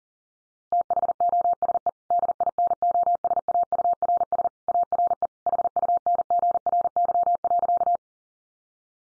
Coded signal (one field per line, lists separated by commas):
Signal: Morse code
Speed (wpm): 40 wpm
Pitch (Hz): 700 Hz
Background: none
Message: THOSE DINOSAURS ARE HUNGRY.